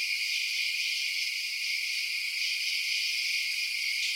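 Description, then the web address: Insects sing in a brief but unbroken high trilling chorus, evenly loud throughout. Night-time insect ambience. "Blast Wave Night Insects ambience-night-insects"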